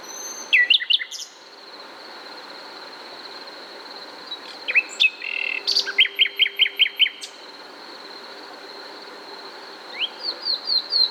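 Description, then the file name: Common nightingale song in short phrases: scattered chirps, then a series of several clipped upslurred notes, and a final run of quick notes, over a continuous high whine. "Luscinia megarhynchos"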